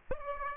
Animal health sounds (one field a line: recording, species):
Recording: mosquito wingbeat signal from an infrared sensor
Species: Aedes aegypti